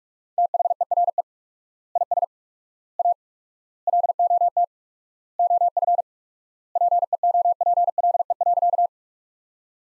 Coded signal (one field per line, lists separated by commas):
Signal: Morse code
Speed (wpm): 46 wpm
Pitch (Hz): 700 Hz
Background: none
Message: THERE IS A LOT OF PEOPLE.